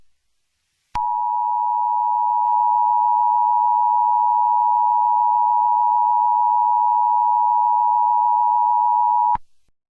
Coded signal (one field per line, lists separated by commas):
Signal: Emergency Alert System (SAME) tones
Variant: 853 and 960 Hz attention tone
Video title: Alien Invasion Part 2: An Alien Invasion EAS Scenario